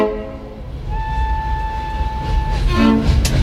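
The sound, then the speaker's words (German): A stationary train waits at a station a few minutes before departure, idling with a deep, steady rumble while a thin, sustained tone hums above it, followed near the end by a short burst of brighter, hissing mechanical noise. “Es war doch nett von Professor Duroc, uns bis an den Zug zu bringen, oder?”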